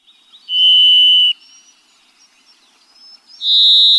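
Varied Thrush giving two long, steady whistled notes, the first under a second, the second pitched higher than the first, separated by a pause of about two seconds.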